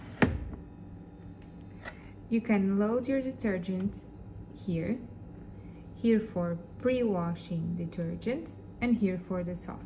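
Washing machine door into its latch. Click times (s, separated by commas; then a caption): 0.2 s. A Super General front-loading washing machine door is pushed closed until its latch catches, giving a sharp thunk or click at 0.2 s. The door is latched shut, and someone then talks for the rest of the clip.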